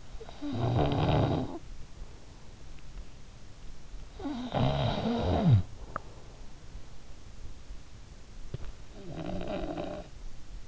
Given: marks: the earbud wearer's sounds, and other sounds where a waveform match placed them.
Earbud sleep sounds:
sounds in sleep by an in-ear microphone; snoring breath
0.00-1.97 s: snoring breath
3.88-6.45 s: snoring breath
8.20-10.68 s: snoring breath

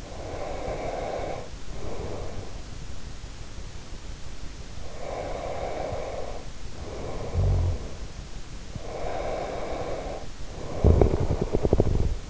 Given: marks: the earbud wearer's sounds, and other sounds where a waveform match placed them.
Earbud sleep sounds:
sounds in sleep by an in-ear microphone; breath, snoring breath, teeth grinding
0.00-2.69 s: breath
5.13-7.86 s: snoring breath
8.77-12.30 s: snoring breath
10.81-12.11 s: teeth grinding

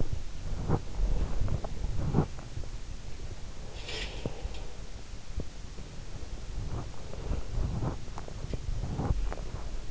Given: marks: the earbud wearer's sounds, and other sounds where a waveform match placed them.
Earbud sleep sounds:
sounds in sleep by an in-ear microphone; body movement
0.00-2.53 s: body movement
3.87-4.76 s: sound from someone else or the room

